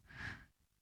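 A single snoring breath from a sleeping dog named Joby: a low, rumbling, half-second snort with a faint whistly edge, fading into quiet breathing.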